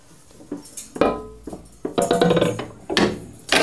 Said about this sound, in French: C'est ça, je tourne le volant de ma presse. Et on va passer, hop.